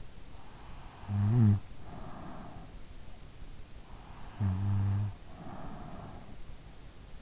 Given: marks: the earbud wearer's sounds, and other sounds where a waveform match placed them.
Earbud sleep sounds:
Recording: sounds in sleep by an in-ear microphone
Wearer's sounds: snoring breath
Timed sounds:
0.69-2.85 s: snoring breath
4.19-6.59 s: snoring breath

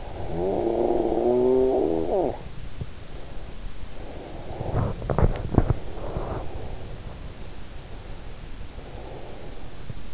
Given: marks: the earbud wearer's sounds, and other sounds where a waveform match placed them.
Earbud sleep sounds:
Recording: sounds in sleep by an in-ear microphone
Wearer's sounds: snoring breath, breath, teeth grinding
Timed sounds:
0.00-2.46 s: snoring breath
3.94-4.80 s: breath
5.09-5.89 s: teeth grinding
6.34-6.97 s: breath
8.65-10.14 s: breath

